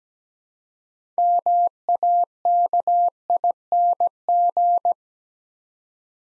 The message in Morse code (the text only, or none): MAKING